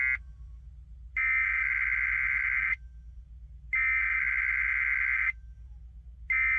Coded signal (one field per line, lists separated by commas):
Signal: Emergency Alert System (SAME) tones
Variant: header bursts